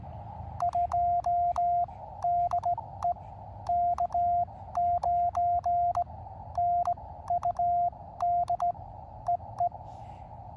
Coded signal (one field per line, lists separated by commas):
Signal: Morse code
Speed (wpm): 18 wpm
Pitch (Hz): 700 Hz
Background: radio noise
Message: 2 DE K9NUD EE